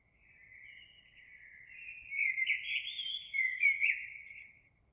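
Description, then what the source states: Eurasian blackbird song: a quiet warble that swells into loud, mellow fluting and ends with a thin high twitter. Recorded 26 April 2022.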